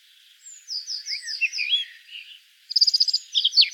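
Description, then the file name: Eurasian blackcap song, soft repeated whistled notes and gentle slurs, then an abrupt loud buzzy trill followed by sharp high notes. "Sylvia atricapilla"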